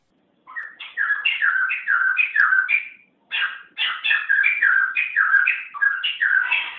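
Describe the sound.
Songbird delivering a fast series of slurred, whistled phrases that step up and down, two bursts separated by a brief pause, no other sounds.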